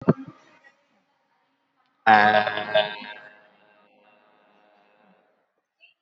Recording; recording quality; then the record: sustained vowel as in made; excellent, no background noise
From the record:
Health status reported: COVID-19 positive, mild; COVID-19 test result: positive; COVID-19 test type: RT-PCR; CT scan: taken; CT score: 5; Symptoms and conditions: cough, cold, muscle pain, ischaemic heart disease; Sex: male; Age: 76 years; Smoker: no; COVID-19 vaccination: both doses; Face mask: not worn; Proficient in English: yes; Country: India